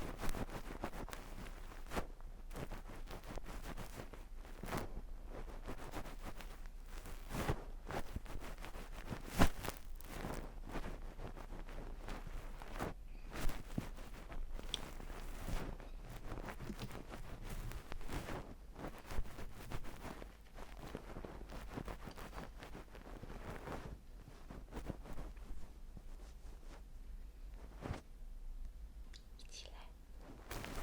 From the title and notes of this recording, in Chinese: ASMR 给您进行贴心掏耳朵服务。